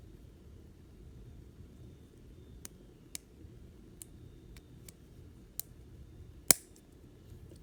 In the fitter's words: And they'll just snap into place.